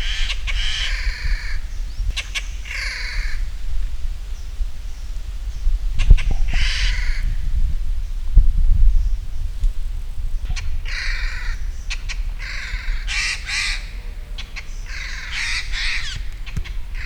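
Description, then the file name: Eurasian jay giving repeated harsh, hoarse screeches in irregular bursts, with a low background rumble and occasional clicks. "Garrulus glandarius"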